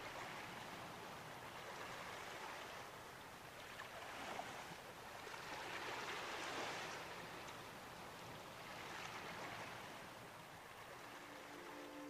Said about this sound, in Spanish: Permanece unos segundos sobrevolando la playa y escuchando el armonioso sonido relajante de las olas.